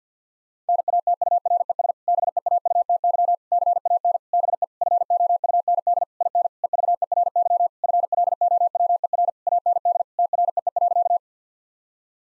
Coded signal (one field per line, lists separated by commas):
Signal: Morse code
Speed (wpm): 50 wpm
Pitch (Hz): 700 Hz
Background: none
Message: NATURES BEAUTY CAN BE FOUND IN EVERY FLOWER AND TREE.